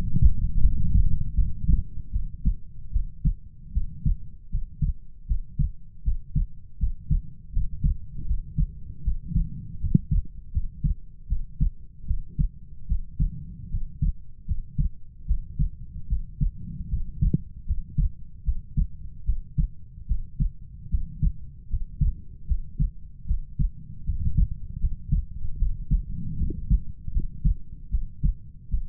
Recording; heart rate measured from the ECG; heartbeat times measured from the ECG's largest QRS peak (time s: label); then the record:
heart sounds by stethoscope; 77 bpm
0.60 s: heartbeat
1.34 s: heartbeat
2.11 s: heartbeat
2.91 s: heartbeat
3.72 s: heartbeat
4.49 s: heartbeat
5.26 s: heartbeat
6.03 s: heartbeat
6.78 s: heartbeat
7.51 s: heartbeat
8.25 s: heartbeat
9.02 s: heartbeat
9.79 s: heartbeat
10.51 s: heartbeat
11.27 s: heartbeat
12.05 s: heartbeat
12.86 s: heartbeat
13.69 s: heartbeat
14.45 s: heartbeat
15.25 s: heartbeat
16.07 s: heartbeat
16.88 s: heartbeat
17.65 s: heartbeat
18.43 s: heartbeat
19.24 s: heartbeat
20.06 s: heartbeat
20.89 s: heartbeat
21.68 s: heartbeat
22.46 s: heartbeat
23.25 s: heartbeat
24.04 s: heartbeat
24.78 s: heartbeat
25.57 s: heartbeat
26.36 s: heartbeat
27.11 s: heartbeat
27.89 s: heartbeat
28.69 s: heartbeat
From the record:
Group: healthy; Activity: rest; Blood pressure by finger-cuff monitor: 95/62 mmHg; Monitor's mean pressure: 74 mmHg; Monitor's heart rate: 77 bpm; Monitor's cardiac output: 6.6 L/min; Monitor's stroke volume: 86 mL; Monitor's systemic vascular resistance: 800 dyn s/cm5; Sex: female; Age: 19 years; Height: 163 cm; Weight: 48.9 kg